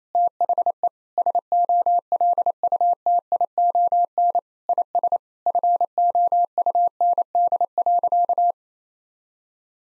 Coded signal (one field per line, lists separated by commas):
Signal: Morse code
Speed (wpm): 27 wpm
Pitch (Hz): 700 Hz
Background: none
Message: THE SOLUTION IS FOUND.